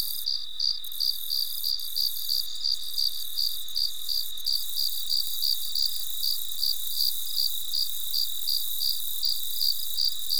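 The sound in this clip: Cricket chirping steadily, short high pulses repeated about three times a second throughout.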